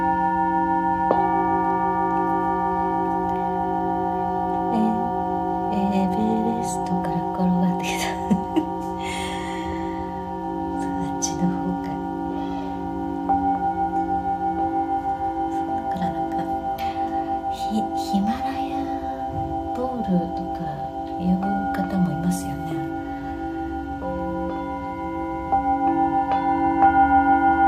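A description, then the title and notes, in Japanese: Singing bowls ring for sound healing, their long, steady tones layered and sustained through the whole clip, with fresh strikes near the start and around 13 and 25 seconds. Beneath the ringing, a voice speaks softly from about 5 to 23 seconds. メキシコから シンギングボウルのサウンドヒーリング ライブ。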